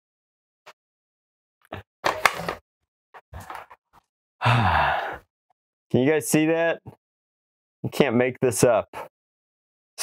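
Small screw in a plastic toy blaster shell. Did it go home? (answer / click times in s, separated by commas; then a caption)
no / 2.3 s. A size zero screwdriver works at a small screw in the plastic shell of a NERF Elite 2.0 Turbine foam dart blaster, with a sharp click at about 2.3 seconds among short scraping bursts. Someone then talks. The screw head has stripped out before the shell could be opened even once.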